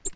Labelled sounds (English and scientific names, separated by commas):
Black-throated Gray Warbler (Setophaga nigrescens) flight call